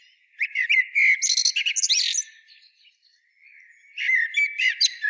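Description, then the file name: Eurasian blackbird delivering a phrase of whistles and rapid high twitters, then a quiet pause before another twittering phrase begins. "Turdus merula"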